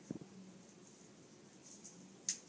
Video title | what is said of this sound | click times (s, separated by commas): Infant IM injection | you close the safety make sure it clicks um lock | 2.3 s